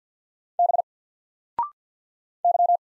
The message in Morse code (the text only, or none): B Y